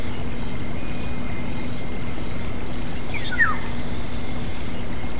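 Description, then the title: Black-naped oriole uttering one short note that sweeps downward, with a few faint high chirps and a continuous low hum. "kepodang"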